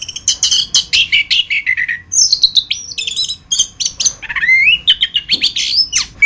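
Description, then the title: Thrush song, a rich, varied run of whistled and buzzy phrases, sweeping notes and rapid trills with short pauses, loud throughout. "Suara Burung Anis"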